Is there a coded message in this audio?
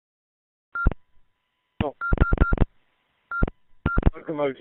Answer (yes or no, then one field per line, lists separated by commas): no